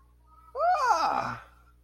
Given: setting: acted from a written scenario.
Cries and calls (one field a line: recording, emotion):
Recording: vocal sound without words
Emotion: positive surprise